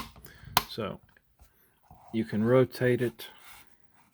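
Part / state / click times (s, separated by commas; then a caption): rotating plastic part on its toy base / not seated / none. A plastic part of a Sky Sled with Prince Adam toy is handled and rotated on its toy base, with a sharp tap near 0.6 s and faint handling noises while someone talks. The part does not lock into position during the clip, and nothing has seated or clicked yet.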